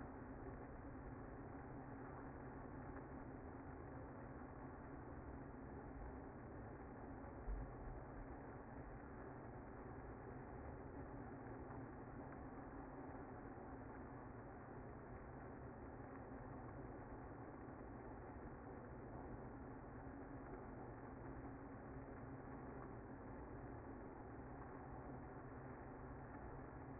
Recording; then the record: honeybee colony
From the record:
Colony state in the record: active